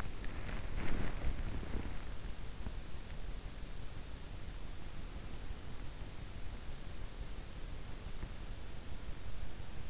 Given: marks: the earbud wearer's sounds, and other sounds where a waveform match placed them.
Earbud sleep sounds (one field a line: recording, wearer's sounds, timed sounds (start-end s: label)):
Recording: sounds in sleep by an in-ear microphone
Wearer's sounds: body movement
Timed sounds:
0.00-2.25 s: body movement